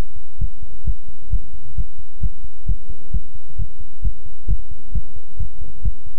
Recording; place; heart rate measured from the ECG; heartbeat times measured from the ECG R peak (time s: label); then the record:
heart sounds by stethoscope; between the tricuspid and mitral areas; 132 bpm
0.39 s: heartbeat
0.85 s: heartbeat
1.30 s: heartbeat
1.75 s: heartbeat
2.20 s: heartbeat
2.66 s: heartbeat
3.11 s: heartbeat
3.56 s: heartbeat
4.02 s: heartbeat
4.47 s: heartbeat
4.92 s: heartbeat
5.37 s: heartbeat
5.82 s: heartbeat
From the record:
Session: pedaling a stationary bicycle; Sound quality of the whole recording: good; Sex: male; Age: 24 years